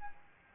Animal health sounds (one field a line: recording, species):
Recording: mosquito wingbeat signal from an infrared sensor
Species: Aedes albopictus